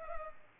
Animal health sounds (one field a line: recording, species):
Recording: mosquito wingbeat signal from an infrared sensor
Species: Culex pipiens